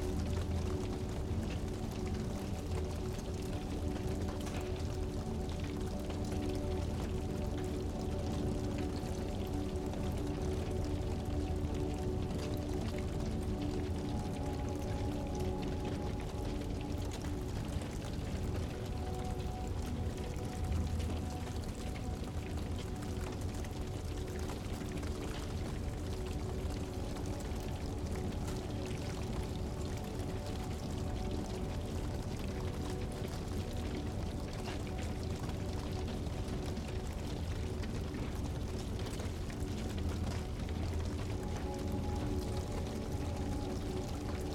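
A fire crackles steadily for the whole time, a dense spray of small snaps and pops, while soft music holds long, low sustained tones underneath. The blend stays even and unchanging from start to finish, with a faint hiss over everything.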